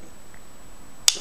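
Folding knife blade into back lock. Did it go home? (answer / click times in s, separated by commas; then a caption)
yes / 1.1 s. The blade of a Cold Steel Voyager Tanto folding knife is swung open until it rests on the pin and the back lock snaps into its notch. After about a second of low, quiet background, a single sharp, bright snap rings out at 1.1 s. The blade is locked open.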